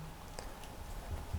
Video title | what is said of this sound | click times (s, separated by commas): Распаковка и обзор портативной моно-bluetooth-колонки Gaciron B07-BT на eBay | and locked into place. | 0.4 s